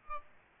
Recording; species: mosquito wingbeat signal from an infrared sensor; Aedes aegypti